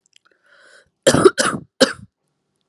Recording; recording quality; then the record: shallow voluntary cough; excellent, no background noise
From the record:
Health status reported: recovered from COVID-19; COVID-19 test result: positive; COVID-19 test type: RT-PCR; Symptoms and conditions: cough, cold, fatigue, loss of smell and taste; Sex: female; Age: 19 years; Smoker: no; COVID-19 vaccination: both doses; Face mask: worn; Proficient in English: yes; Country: India